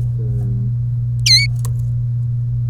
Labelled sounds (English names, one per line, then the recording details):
Domestic Canary song
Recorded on 30 April 2018 at 15:05
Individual llb3